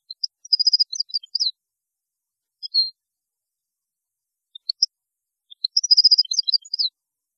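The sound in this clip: Goldfinch song heard as thin, high twittering phrases, a short burst at the start and another near the end, with sparse single notes between quiet gaps.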